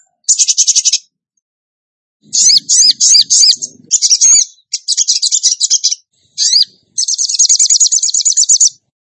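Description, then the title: Bird song in short, high-pitched bursts of rapid buzzy trills and twittering notes, separated by brief pauses, ending with a long, even, fast trill. Masteran (training song for songbirds) in the tembakan gacor style. "Masteran Burung Tembakan Gacor"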